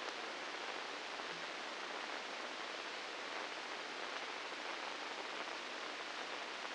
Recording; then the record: brain microelectrode recording played as sound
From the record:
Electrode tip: inside the subthalamic nucleus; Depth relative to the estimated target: -3 mm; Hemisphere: right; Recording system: NeuroSet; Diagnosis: Parkinson's disease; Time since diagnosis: 9 years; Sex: female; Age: 51 years